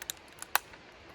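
With the bolt locked back, the steel dust cover on a WE-Tech M16A3 airsoft rifle's upper receiver is snapped closed. A few faint ticks come before a sharp, bright metallic snap at 0.5 s, and the dust cover closes fine.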